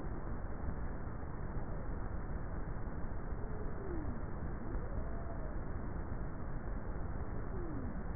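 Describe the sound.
Bowhead whale calls: faint, low, sweeping moans, some rising and some falling, scattered through a steady wash of underwater noise.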